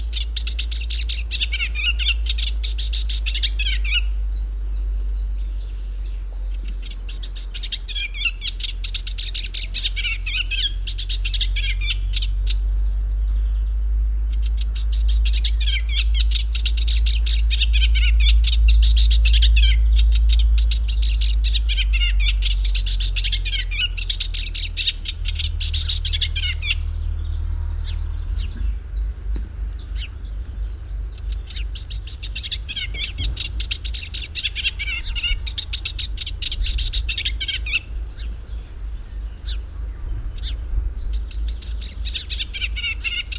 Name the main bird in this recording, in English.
Eastern Olivaceous Warbler